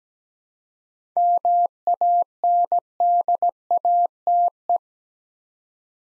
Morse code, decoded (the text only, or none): MANDATE